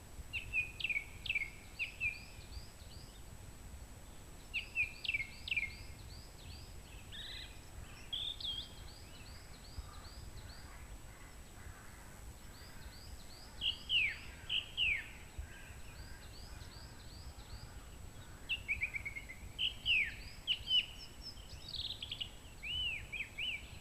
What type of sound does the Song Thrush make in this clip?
song